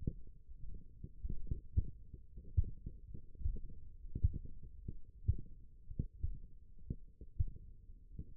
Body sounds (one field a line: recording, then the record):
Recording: forearm muscle sounds (acoustic myography)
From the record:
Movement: finger pinch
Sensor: system 1, eight BSWA MPA416 microphones around the upper forearm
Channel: 7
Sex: male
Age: 23 years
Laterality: right